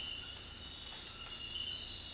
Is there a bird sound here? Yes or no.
no